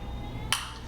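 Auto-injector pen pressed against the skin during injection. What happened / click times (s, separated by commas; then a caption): A small plastic spring mechanism snapped through its second stage / 0.5 s. A Wegovy 2.4 mg weight-loss auto-injector pen is held pressed against the skin of the arm during an injection. After a low, steady background hum, the pen's second click comes as a single sharp, snap-like sound at 0.5 s, confirming that the injection has seated.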